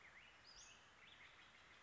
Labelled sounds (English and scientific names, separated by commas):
Western Flycatcher (Empidonax difficilis)